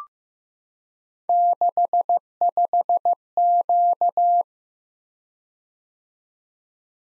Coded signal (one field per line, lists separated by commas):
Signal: Morse code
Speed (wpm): 15 wpm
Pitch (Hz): 700 Hz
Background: none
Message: 65Q